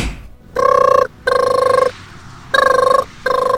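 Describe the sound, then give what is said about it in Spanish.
A cartoonish mobile phone ringtone sounds alone: loud, buzzy, steady-pitched tones pulsing in two pairs of short bursts with a brief pause between the pairs. “El serruchófono móvil. ¿Aló?”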